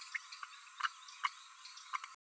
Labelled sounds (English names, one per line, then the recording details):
Green-rumped Parrotlet babbling
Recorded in a nest box in Venezuela
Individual 18B12A2